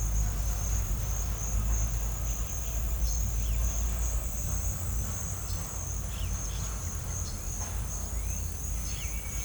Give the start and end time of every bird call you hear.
[2.19, 3.57] bird call (1.7-5.8 kHz)
[5.44, 5.65] bird call (3.2-6.3 kHz)
[6.10, 6.35] bird call (1.8-3.9 kHz)
[7.33, 7.60] bird call (1.8-3.0 kHz)
[8.18, 8.43] bird call (1.5-2.9 kHz)
[8.97, 9.27] bird call (1.7-3.6 kHz)

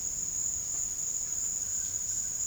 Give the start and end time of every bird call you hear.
[1.55, 2.46] bird call (0.7-2.1 kHz)

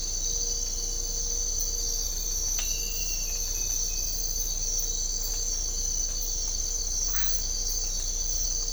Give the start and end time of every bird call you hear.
[7.08, 7.29] bird call (0.6-3.2 kHz)

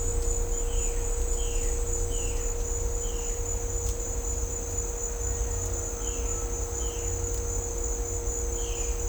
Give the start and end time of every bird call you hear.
[0.52, 0.91] bird call (2.0-3.9 kHz)
[1.31, 1.69] bird call (1.9-3.7 kHz)
[2.05, 2.48] bird call (1.8-3.6 kHz)
[2.95, 3.34] bird call (2.0-3.8 kHz)
[5.99, 6.29] bird call (1.9-3.9 kHz)
[6.74, 7.08] bird call (1.8-3.8 kHz)
[8.51, 8.95] bird call (2.1-4.0 kHz)

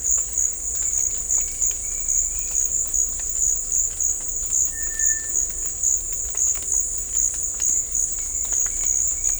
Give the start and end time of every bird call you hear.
[4.71, 5.31] bird call (1.2-2.3 kHz)

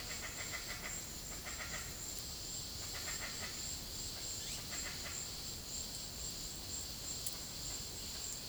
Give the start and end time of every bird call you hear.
[0.00, 1.87] bird call (0.6-3.3 kHz)
[2.78, 3.52] bird call (0.3-3.8 kHz)
[4.34, 4.61] bird call (1.3-9.1 kHz)

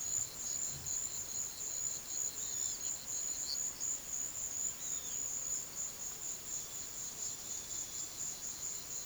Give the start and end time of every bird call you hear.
[2.32, 2.79] bird call (3.1-5.6 kHz)
[3.39, 3.60] bird call (3.6-5.4 kHz)
[4.77, 5.25] bird call (2.0-4.7 kHz)

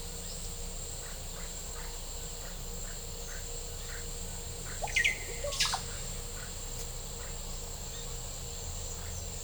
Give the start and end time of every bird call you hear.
[0.83, 4.08] bird call (1.1-2.3 kHz)
[4.74, 5.82] bird call (0.3-7.4 kHz)

